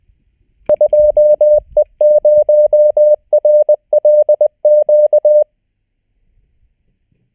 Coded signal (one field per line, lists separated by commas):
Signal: Morse code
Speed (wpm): 20 wpm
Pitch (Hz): 600 Hz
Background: none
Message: 2E0RLQ